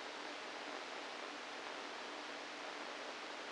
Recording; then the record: brain microelectrode recording played as sound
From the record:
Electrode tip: inside the subthalamic nucleus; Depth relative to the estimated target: 1 mm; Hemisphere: right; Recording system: NeuroSet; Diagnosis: Parkinson's disease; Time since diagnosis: 7 years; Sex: female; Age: 68 years